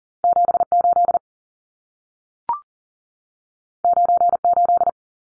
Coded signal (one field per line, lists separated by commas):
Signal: Morse code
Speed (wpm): 40 wpm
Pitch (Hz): 700 Hz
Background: none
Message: 78 98